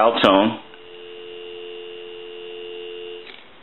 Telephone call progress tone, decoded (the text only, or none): dial tone